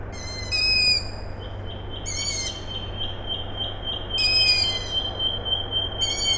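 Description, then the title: Owl chicks give several rasping, squeaky calls every couple of seconds, with a thin repeated high note over a low steady hum. Owl chicks calling at night, Tuesday 21 May 2019, Siemianowice Śląskie, Poland; an industrial plant heard in the background; recorded with a Zoom H5 recorder and Audio-Technica BP4025 microphone. "Siemianowice Śląskie, Polska - Owl chicks"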